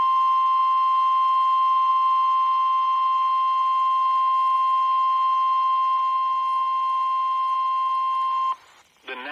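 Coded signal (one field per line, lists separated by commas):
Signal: Emergency Alert System (SAME) tones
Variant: 1050 Hz attention tone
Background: speech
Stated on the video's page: Severe thunderstorm warning from NOAA Weather Radio heard online.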